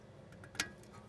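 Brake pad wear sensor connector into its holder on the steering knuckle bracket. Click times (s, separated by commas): 0.6 s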